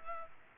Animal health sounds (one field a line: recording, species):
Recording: mosquito wingbeat signal from an infrared sensor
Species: Culex pipiens